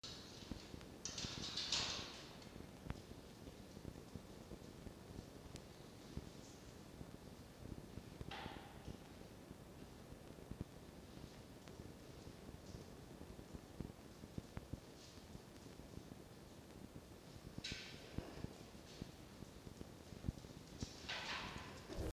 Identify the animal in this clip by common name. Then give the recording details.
Red Fox. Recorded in captivity. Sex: male. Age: juvenile. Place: Zoologisches Institut der HUB, Berlin, DE. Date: 1952-09-18 19:20. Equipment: Elmetra. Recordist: Tembrock, Günter. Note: Toni: Keckern (Futterabwehr gegen Mucki)